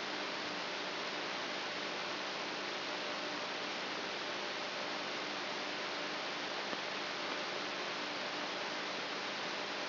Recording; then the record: brain microelectrode recording played as sound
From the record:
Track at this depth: inside the subthalamic nucleus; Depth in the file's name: 7.043 mm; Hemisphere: left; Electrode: 3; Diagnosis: Parkinson's disease